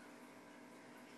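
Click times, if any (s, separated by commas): none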